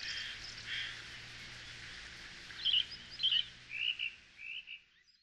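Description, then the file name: Japanese thrush singing clear whistled phrases in the second half, several short varied notes over a faint hiss of background noise. Recorded at Okutadami on 4 June 2006. "kurotsugumi okutadami mju"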